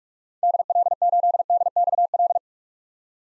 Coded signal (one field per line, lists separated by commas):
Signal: Morse code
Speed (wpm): 41 wpm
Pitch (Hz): 700 Hz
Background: none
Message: DL8DXL